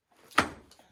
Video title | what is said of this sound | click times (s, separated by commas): COSCO Simple Fold High Chair : Assembly - Fold - Seat Cover Removal [FAST!] | Continue to push the seat down until it snaps to the legs. | 0.4 s